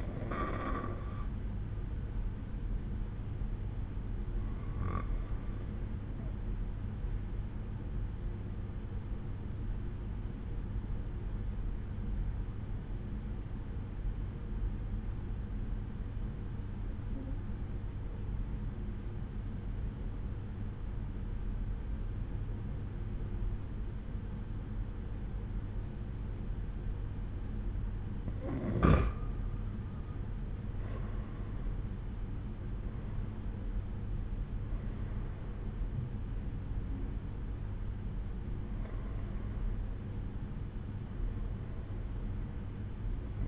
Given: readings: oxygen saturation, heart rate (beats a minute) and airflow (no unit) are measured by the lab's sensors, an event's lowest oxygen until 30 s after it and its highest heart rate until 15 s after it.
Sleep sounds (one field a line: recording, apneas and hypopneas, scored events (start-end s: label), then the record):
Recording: breathing in sleep by a smartphone at the bedside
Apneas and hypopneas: 1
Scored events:
14.00-29.60 s: obstructive apnea (N2, oxygen 93% highest, then 88% lowest, heart rate 66 at the start, 70 highest)
From the record:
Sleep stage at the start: N2 (light sleep)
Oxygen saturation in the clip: 88 to 94%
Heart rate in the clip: 61 to 70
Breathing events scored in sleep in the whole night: 187 in 7.2 hours asleep